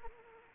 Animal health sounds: mosquito wingbeat signal from an infrared sensor; Anopheles arabiensis

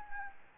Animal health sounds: mosquito wingbeat signal from an infrared sensor; Anopheles gambiae

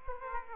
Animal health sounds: mosquito wingbeat signal from an infrared sensor; Aedes aegypti

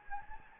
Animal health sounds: mosquito wingbeat signal from an infrared sensor; Anopheles gambiae

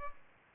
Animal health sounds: mosquito wingbeat signal from an infrared sensor; Culex pipiens

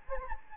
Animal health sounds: mosquito wingbeat signal from an infrared sensor; Anopheles gambiae

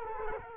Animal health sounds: mosquito wingbeat signal from an infrared sensor; Culex quinquefasciatus

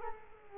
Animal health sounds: mosquito wingbeat signal from an infrared sensor; Culex quinquefasciatus

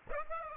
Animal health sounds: mosquito wingbeat signal from an infrared sensor; Aedes aegypti

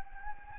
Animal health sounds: mosquito wingbeat signal from an infrared sensor; Anopheles gambiae

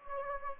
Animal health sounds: mosquito wingbeat signal from an infrared sensor; Anopheles gambiae

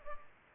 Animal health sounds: mosquito wingbeat signal from an infrared sensor; Culex pipiens

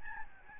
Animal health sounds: mosquito wingbeat signal from an infrared sensor; Aedes albopictus

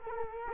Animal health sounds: mosquito wingbeat signal from an infrared sensor; Culex quinquefasciatus

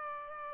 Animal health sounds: mosquito wingbeat signal from an infrared sensor; Aedes albopictus

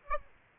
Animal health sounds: mosquito wingbeat signal from an infrared sensor; Aedes aegypti

